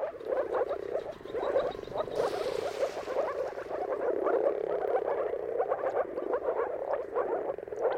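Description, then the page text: Moor frogs calling in a dense chorus of soft, bubbling, low notes that overlap continuously, with a brief rushing noise burst about two seconds in. Mating calls of many moor frogs at sunrise, dawn chorus, at the turn of March and April, depending on the weather. "Jakub-Orzecki moor frogs. Dawn’s Chorus: Mating Calls of Marsh Frogs at Sunrise. Depending on the weather at the turn of March and April, you can witness an amazing spectacle of moor frogs"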